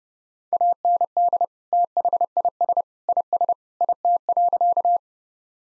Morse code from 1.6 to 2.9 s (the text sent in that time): THIS